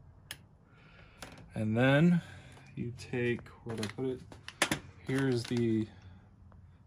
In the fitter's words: then when you push it down to this part you'll hear a click as well